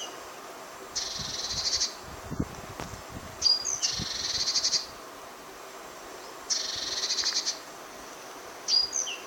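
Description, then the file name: Great tit calls: buzzy, rattling churrs in three bursts, with thin high notes before the second burst and at the end, over a quiet background. "Parus major"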